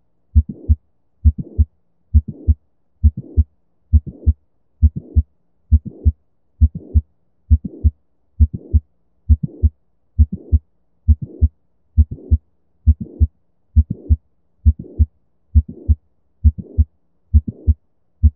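A simulated heartbeat at about 67 beats a minute, steady and regular, with extra sharp sounds and a soft rushing sound within each beat. This is mitral valve prolapse, a floppy mitral valve bulging back during contraction.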